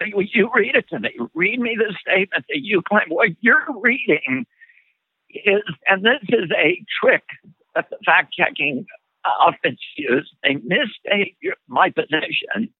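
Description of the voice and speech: An adult man speaks in an interview with a shaking voice. Spasmodic dysphonia, a condition of the muscles in the throat.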